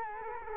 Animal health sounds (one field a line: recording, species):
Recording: mosquito wingbeat signal from an infrared sensor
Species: Culex quinquefasciatus